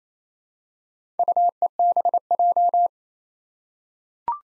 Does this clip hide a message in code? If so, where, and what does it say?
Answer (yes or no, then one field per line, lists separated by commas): yes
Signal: Morse code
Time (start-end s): 1.2-2.9 s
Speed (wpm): 28 wpm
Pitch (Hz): 700 Hz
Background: none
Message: UEBJ